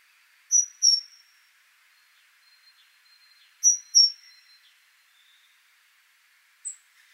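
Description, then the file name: Great tit calls: two high, thin notes given as a quick pair, repeated once about three seconds later, then a single short note; a faint buzzy insect-like hum underneath. "Parus major"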